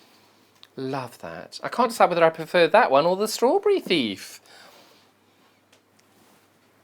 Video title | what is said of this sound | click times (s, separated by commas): Sewing Street - 16/07/20 - Living in Loveliness and William Morris Gifting | click i love those when you've got that nice little click with a pair of glasses case as well | 0.6 s